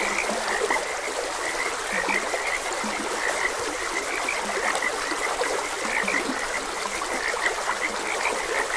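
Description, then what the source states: Several frogs croaking in overlapping short calls, some low croaks mixed in, against constant babbling stream noise. Frogs croaking beside a gentle stream.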